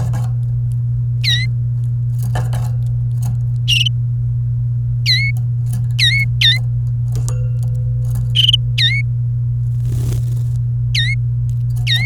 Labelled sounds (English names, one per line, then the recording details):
Domestic Canary song
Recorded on 29 April 2018 at 10:33
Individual llb3